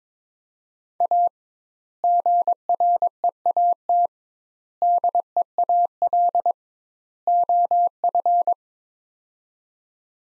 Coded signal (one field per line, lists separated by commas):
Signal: Morse code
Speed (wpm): 22 wpm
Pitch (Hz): 700 Hz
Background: none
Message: A GREAT DEAL OF